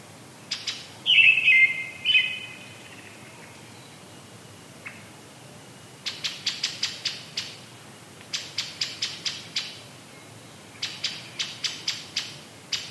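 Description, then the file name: Brown-headed thrush song: two short warbled phrases early on, followed by three bursts of rapid, dry ticking notes repeated in quick series. "akahara"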